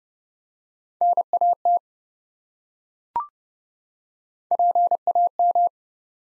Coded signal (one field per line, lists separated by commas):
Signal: Morse code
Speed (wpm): 30 wpm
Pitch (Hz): 700 Hz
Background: none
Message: NAT PAM